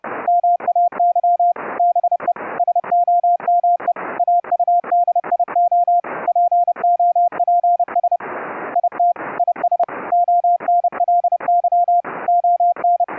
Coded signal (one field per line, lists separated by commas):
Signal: Morse code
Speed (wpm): 30 wpm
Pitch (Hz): 700 Hz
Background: none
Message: MAY BE SOME AUDIO POPS IT IS ONLY ON